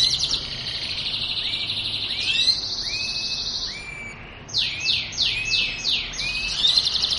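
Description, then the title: Belgian canary song, loud sustained rolling trills, then a string of fast descending buzzy notes and a final high trill. Song meant to warm up other canaries and stimulate singing; described as a mating canary's song. "Canto Para Esquentar Canário Belga. suara kenari kawin"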